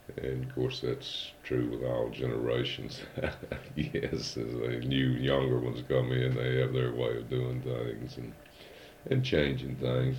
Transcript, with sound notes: And of course, that's true with all generations. [chuckles] Yes, as the new younger ones come in, they have their way of doing things and--and changing things.